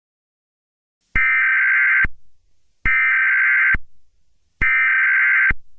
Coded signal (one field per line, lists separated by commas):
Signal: Emergency Alert System (SAME) tones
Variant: header bursts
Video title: eas scenario catemojibabyheat part 10